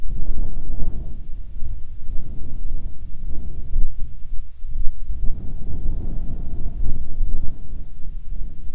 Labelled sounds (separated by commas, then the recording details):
wind
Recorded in the Prudhoe Bay oil fields, Alaska, on 10 July 2019 at 14:47
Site 14